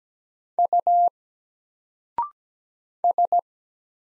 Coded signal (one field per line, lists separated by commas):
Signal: Morse code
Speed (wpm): 17 wpm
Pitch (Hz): 700 Hz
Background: none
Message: U S